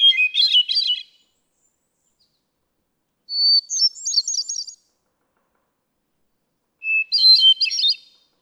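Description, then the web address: Hermit thrush delivering three fluty phrases a few seconds apart, the first cut short, the later two each a pure sustained whistle rolling into cascading notes, the pitch changing from phrase to phrase. "birdsongforthecurious songs Hermit Thrush"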